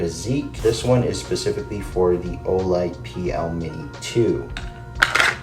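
Someone talks over background music about a polymer inside-the-waistband holster made for the Glock 17, 19, 34, 45 and 19X and fitted specifically for the Olight PL Mini 2 weapon light. Sharp handling knocks come near 5.0 s, 5.2 s and 5.5 s as the pistol with the light is brought to the holster. The pistol has not yet seated or clicked into the holster's click retention.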